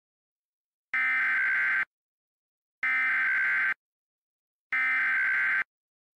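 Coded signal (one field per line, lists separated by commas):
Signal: Emergency Alert System (SAME) tones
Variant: header bursts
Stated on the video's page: Fictional mock EAS concept, not a real alert.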